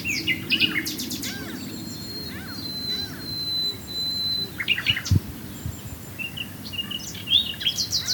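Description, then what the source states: Common nightingale song with a long, level whistled note held for a few seconds, framed by scattered chirps and a low steady rumble. Swale.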